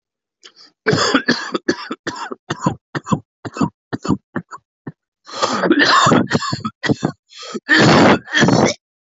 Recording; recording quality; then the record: heavy voluntary cough; excellent, no background noise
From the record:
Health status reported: COVID-19 positive, mild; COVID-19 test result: positive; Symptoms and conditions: cough, chronic lung disease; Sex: male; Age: 52 years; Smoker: not ticked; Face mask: not worn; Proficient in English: yes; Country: India